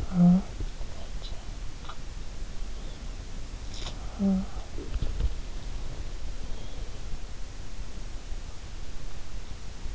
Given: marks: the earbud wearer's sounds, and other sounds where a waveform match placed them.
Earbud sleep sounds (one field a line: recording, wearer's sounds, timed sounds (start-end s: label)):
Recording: sounds in sleep by an in-ear microphone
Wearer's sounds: talking in sleep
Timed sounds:
0.00-0.70 s: talking in sleep
0.88-7.23 s: sound from someone else or the room
4.10-4.62 s: talking in sleep